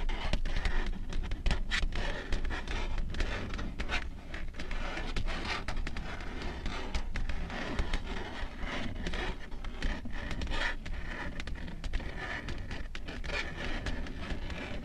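Long nails tap and scratch in a slow, steady rhythm, with brief clicks repeating every fraction of a second over a dense rustling scrape. The level stays even throughout, with a low rumble underneath and no pauses.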